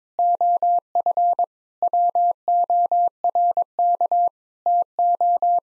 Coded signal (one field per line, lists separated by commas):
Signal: Morse code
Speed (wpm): 22 wpm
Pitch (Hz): 700 Hz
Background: none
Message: OF WORK TO